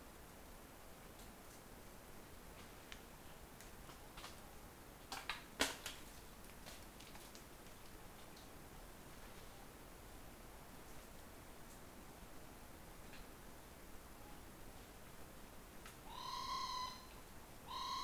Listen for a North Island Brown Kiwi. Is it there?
no